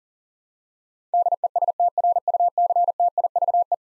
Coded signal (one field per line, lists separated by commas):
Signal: Morse code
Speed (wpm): 40 wpm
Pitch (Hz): 700 Hz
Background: none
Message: DESTRUCTIVE